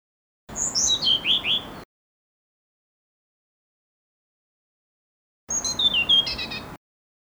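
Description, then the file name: Blue-throated blue flycatcher song: two short phrases of sweet whistled notes, each tumbling downward from very high to mid pitch, separated by about four seconds of silence. "kicau sikatan blue throated. omkicau"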